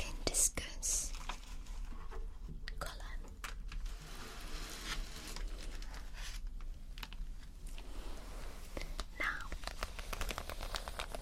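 A pencil scratches and taps, making dry clicks and short gritty strokes scattered unevenly through the recording. Brighter scraping bursts stand out near the start and again around nine seconds, over a steady low hum in the background.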